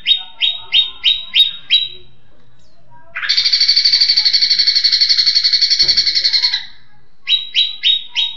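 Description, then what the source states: Leafbird song: a run of sharp down-slurred whistled notes, a long buzzy rattling trill, then more repeated whistled notes. Song in the tembakan style, named as cililinan.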